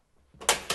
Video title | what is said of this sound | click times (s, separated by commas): Return To PC gaming. Building a PC Step By Step | give it a push and that's it it's clicked in | 0.5 s